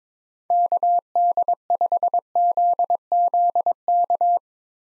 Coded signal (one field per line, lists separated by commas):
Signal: Morse code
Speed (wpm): 22 wpm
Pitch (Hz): 700 Hz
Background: none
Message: KD5ZZK